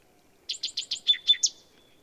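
Bird song: seven quick, high chirping notes in an one-second burst, two of the later ones slurring downward, against an otherwise quiet background.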